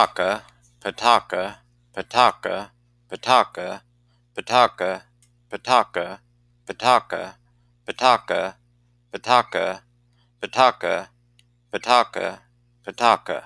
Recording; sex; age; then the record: repeated syllables /pa ta ka/; male; 50 to 59 years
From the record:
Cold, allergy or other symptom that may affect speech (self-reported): no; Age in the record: 57 years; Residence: Oklahoma, United States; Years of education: 16